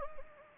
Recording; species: mosquito wingbeat signal from an infrared sensor; Anopheles gambiae